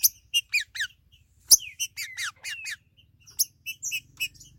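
Green-winged saltator: a few sharp downslurred notes, then two drawn-out descending whistles, followed by scattered chips.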